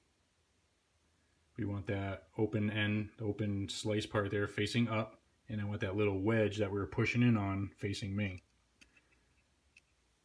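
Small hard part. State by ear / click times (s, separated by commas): not seated / none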